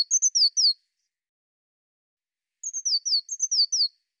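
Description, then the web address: Bird giving two quick strings of high, slurred-down chirps, one brief at the start and a longer one after a pause. "cianscape birddata Deverinetal 2025 File cleaned normalized Bird Cy Ca"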